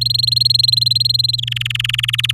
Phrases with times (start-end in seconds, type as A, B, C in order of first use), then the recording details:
0.01-1.36 A, 1.38-2.31 B. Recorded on 10 May 2018 at 15:45. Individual llb16